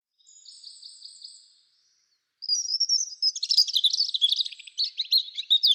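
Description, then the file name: European robin song: thin, drawn-out high whistles, a short pause, then a fast, sparkling run of varied tinkling notes. "Erithacus rubecula"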